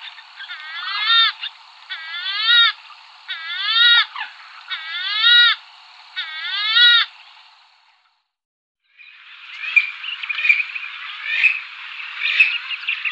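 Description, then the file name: Western swamphen giving five drawn-out nasal wails, each rising then falling, repeated about every one and a half seconds, followed by rough, scratchy chattering. "Purpurhona"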